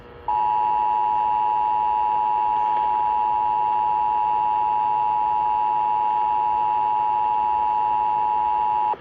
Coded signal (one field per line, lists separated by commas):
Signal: Emergency Alert System (SAME) tones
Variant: 853 and 960 Hz attention tone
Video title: Severe Thunderstorm Warning on WBAP-AM 820 (EAS #205)